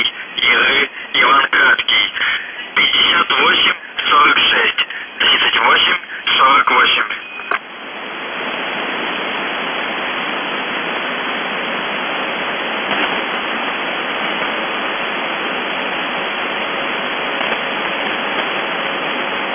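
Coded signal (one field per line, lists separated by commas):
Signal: numbers station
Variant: UVB-76 voice message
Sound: a few short spoken word groups over radio, then continuous static hiss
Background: radio static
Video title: The Buzzer/UVB-76(4625Khz) June 28, 2021 08:11UTC Voice message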